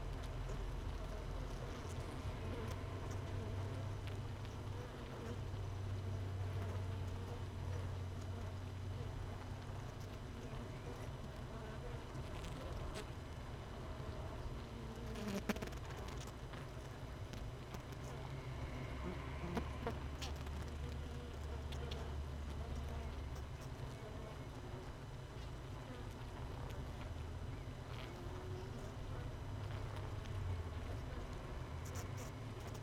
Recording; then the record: honeybee colony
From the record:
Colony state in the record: missing queen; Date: 31 May 2018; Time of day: 16:35